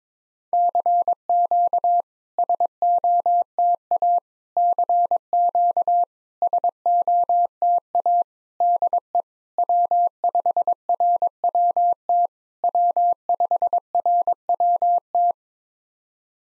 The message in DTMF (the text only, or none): none